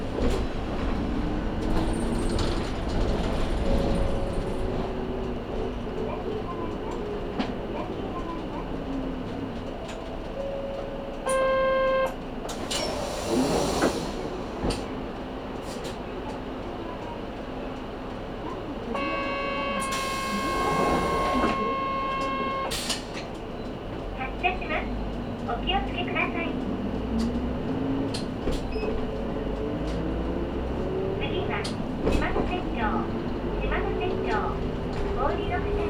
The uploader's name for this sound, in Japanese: 松浦鉄道・西肥バス 中佐世保→佐世保→弓張岳展望台